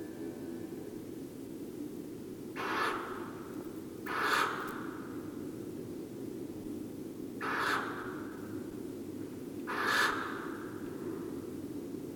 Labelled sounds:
Western Barn Owl (Tyto alba) call
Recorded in the wild
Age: adult
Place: Burg Stargard, Mecklenburg-Vorpommern, DE
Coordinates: 53.441, 13.347
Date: 1981-08-31
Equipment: Nagra III BH, Sennheiser MD 21, parabola
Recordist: Schubert, Michael
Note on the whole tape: Rufe einer adulten Schleiereule ("pch-Ruf")

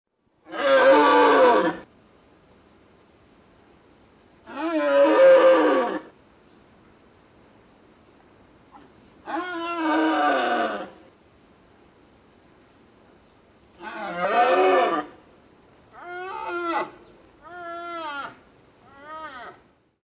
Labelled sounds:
Red Deer (Cervus elaphus)
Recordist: Tembrock, Günter
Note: Brunftrufe

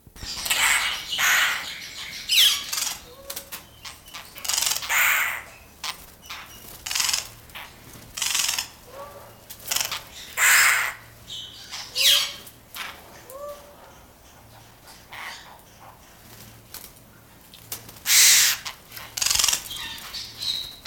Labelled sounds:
Eurasian Hoopoe (Upupa epops)
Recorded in captivity
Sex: group
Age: diverse
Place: Zoo Berlin, Berlin, DE
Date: 1997-01-26 16:52
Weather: heiter, 3°C
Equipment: Nagra SN, Kopie Uher 4000 Report Monitor
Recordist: Tembrock, Günter

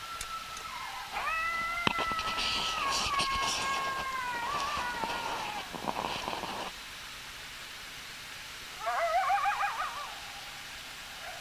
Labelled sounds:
Coyote (Canis latrans) howling
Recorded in the wild
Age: adult
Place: Elk Island National Park, Beaver Hills, Alberta, CA
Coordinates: 53.6778, -112.826
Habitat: coniferous forest
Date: 1991-09-22 23:44
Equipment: Sony WM-D6C, Sony ECM-939 LT (Stereo), Kopie Uher 4400 IC
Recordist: Frommolt, Karl-Heinz

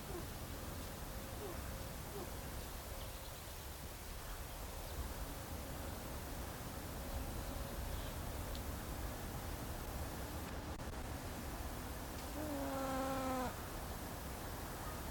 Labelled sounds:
Koklass Pheasant (Pucrasia macrolopha) call
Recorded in captivity
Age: adult
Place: Tierpark Berlin, Berlin, DE
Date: 1993-12-18 11:12
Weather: bedeckt, 2 °C
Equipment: Marantz CP 430, Sennheiser MKH 416 T, Kopie Uher Variocord 263
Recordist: Tembrock, Günter

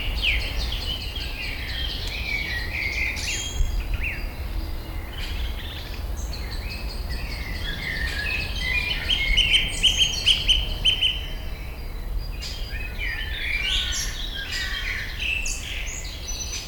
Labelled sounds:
Song Thrush (Turdus philomelos)
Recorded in the wild
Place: Schloßpark Niederschönhausen, Berlin, DE
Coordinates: 52.58, 13.4
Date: 1996-05-18 12:30
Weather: sonnig, 17°C
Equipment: Sony MD-WM MZ-R3, Sennheiser MKH 416 T, Kopie Uher 4000 Report Monitor
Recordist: Tembrock, Günter

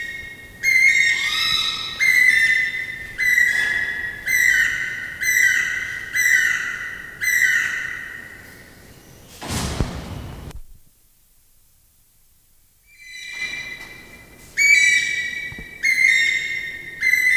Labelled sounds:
Guira Cuckoo (Guira guira) call
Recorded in captivity
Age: adult
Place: Zoo Berlin, Berlin, DE
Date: 2000-08-29
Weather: heiter, 21°C
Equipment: Nagra SN, Kopie Uher 4000 Report Monitor
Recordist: Tembrock, Günter

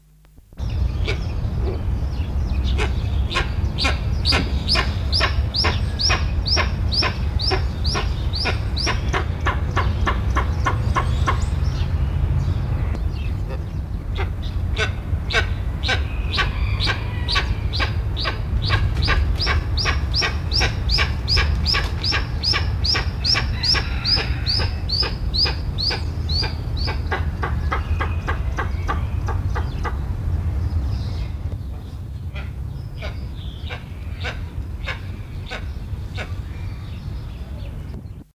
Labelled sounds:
Eastern Imperial Eagle (Aquila heliaca) call
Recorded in captivity
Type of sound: call
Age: adult
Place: Zoo Hannover, Niedersachsen, DE
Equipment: Halbspur, 9,5 cm/s
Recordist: Lütgens, Hans
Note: Rufe

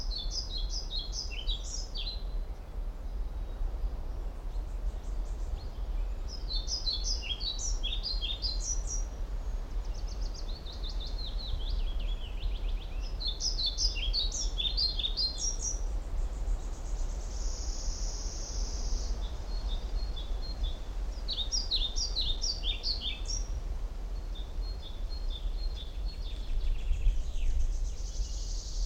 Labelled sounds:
European Pied Flycatcher (Ficedula hypoleuca)
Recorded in the wild
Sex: male
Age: adult
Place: Mühlenbecker Wald, Brandenburg, DE
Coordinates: 52.689, 13.356
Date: 1993-05-08 13:15
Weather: sonnig, ca. 23 °C
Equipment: Marantz CP 430, Sennheiser ME 80, Kopie Uher Variocord 263
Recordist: Tembrock, Günter

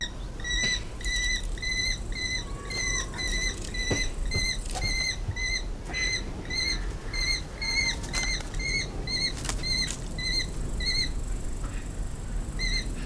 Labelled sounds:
American Kestrel (Falco sparverius) call
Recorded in captivity
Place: Timmendorfer Strand, Holsteinische Schweiz, Schleswig-Holstein, DE
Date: 1992-09-21 16:09
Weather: sonnig, 22°C
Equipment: Marantz CP 430, Sennheiser ME 80, Kopie Tesla B 116
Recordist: Tembrock, Günter

